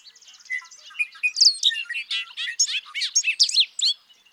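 Bobolink song starting with soft notes and building into a loud, bubbling tumble of rapid notes.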